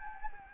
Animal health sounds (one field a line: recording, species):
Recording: mosquito wingbeat signal from an infrared sensor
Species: Anopheles gambiae